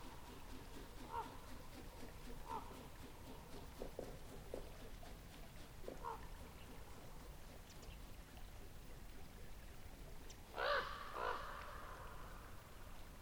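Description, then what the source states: Raven giving short, hoarse croaking calls scattered throughout, a few faint ones early and two louder croaks close together near the end, over steady background hiss. Raven calling while in flight.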